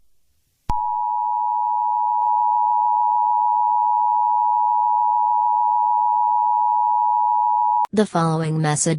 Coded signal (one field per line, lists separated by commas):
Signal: Emergency Alert System (SAME) tones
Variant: 853 and 960 Hz attention tone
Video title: EAS SCENARIO BACKWARDS TIME